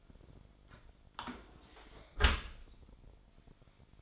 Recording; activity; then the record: daily activity, microphone in the room; close dishwasher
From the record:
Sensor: 5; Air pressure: 1003.2 hPa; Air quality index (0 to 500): 130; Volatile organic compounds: 1 ppm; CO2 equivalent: 953 ppm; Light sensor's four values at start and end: 92/222/94/106 and 88/212/90/102